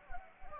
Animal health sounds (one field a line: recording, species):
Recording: mosquito wingbeat signal from an infrared sensor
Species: Anopheles gambiae